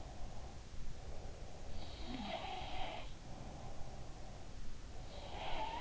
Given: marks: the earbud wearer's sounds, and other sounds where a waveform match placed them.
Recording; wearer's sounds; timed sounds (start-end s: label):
sounds in sleep by an in-ear microphone; breath
0.00-2.05 s: breath
1.69-4.59 s: sound from someone else or the room
3.18-5.61 s: breath
4.90-5.81 s: sound from someone else or the room